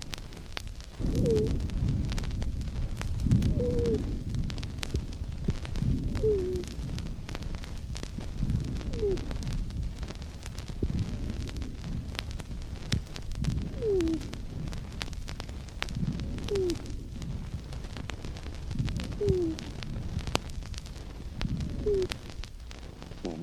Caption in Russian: При патологии в мелких бронхах выслушиваются свистящие, высокие, дисконтовые хрипы. Сухие свистящие хрипы у больного с астмоидным бронхитом.